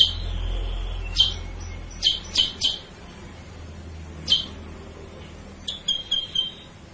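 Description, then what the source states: Sooty-headed bulbul song: a drawn-out high whistle, then scattered sharp downslurred chips in ones and pairs, with low background hum. Masteran: a training recording used to teach cage birds; also described as a lure sound.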